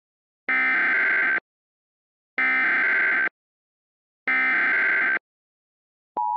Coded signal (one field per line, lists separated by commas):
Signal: Emergency Alert System (SAME) tones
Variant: header bursts